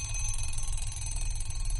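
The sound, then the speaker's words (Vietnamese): An alarm clock rings nonstop, a rapid metallic bell rattle with bright, shrill overtones, holding steady and loud for about two seconds over a low hum, with no voices. “Lại là cái âm thanh khủng khiếp đó. Oanh giật bắn người dậy, tắt chổi cái đồng hồ.”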